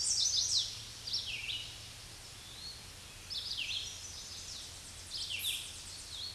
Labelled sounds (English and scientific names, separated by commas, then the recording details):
Red-eyed Vireo (Vireo olivaceus) song
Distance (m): 30 m
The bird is about 20 m above the microphone
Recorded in a Pennsylvania forest on 16 May 2024 at 08:18
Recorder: AudioMoth, point MSD-2095
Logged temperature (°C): 16.3 °C
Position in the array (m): 165 m, 69 m